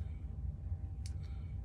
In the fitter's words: she just snapped right in there